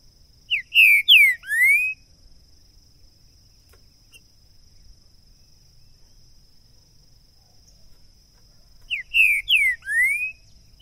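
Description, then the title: Green-winged saltator song: a short loud phrase of four rich whistled notes, the last sliding upward, given twice about eight seconds apart over a steady high hum. Two birds taken into the bush in 2022, calling, singing and giving male song; used to warm up birds and open their song for singing contests. "ESQUENTAR Seu TRINCA Piando, Cantando E Macheando Na DISPUTA. LEVEI 2 TRINCA FERRO NO MATO!! ABRIR O CANTO DO TRINCA FERRO!! 2022!"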